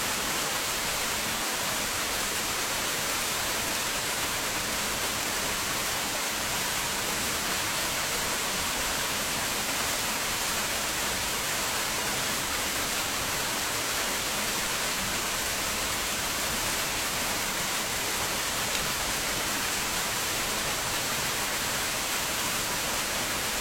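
Cicadas after rain at Nanjing's Ming Xiaoling drone as one dense, unbroken high hiss, holding perfectly steady in loudness for the whole stretch.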